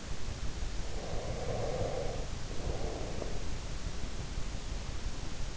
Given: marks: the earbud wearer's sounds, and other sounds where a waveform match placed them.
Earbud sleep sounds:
sounds in sleep by an in-ear microphone; breath
0.69-3.64 s: breath

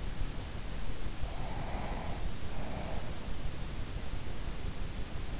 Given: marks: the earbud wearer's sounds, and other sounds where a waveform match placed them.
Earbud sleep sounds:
sounds in sleep by an in-ear microphone; breath
1.32-3.36 s: breath

